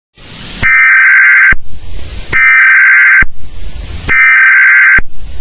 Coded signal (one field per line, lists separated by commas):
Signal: Emergency Alert System (SAME) tones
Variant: header bursts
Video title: Eas scenario #5: the Bean Rampage!!